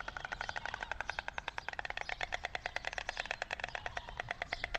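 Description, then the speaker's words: White stork bill clapping: a rapid, dry wooden rattle of clicks running steadily throughout. A pair of white storks greeting each other at their nest; storks have hardly any voice and communicate by rapidly opening and closing their beaks, making a clapping noise. "This is the sound of the white stork, or more accurately, the sound of a pair of white storks greeting each other at their nest."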